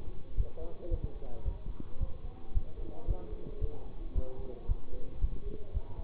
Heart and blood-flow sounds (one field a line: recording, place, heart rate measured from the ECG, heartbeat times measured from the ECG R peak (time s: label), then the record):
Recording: heart sounds by stethoscope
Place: between the tricuspid and mitral areas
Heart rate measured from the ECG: 112 bpm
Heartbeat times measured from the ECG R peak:
0.35 s: heartbeat
0.89 s: heartbeat
1.43 s: heartbeat
1.98 s: heartbeat
2.52 s: heartbeat
3.06 s: heartbeat
3.59 s: heartbeat
4.13 s: heartbeat
4.66 s: heartbeat
5.19 s: heartbeat
5.72 s: heartbeat
From the record:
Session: bicycle stress test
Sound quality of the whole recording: good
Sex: male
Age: 24 years